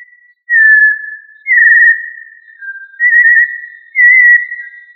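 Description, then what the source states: Thrush song: several clear whistled phrases, steady or gently slurred, in a calm, unhurried series. Family Turdidae; local name Sabia.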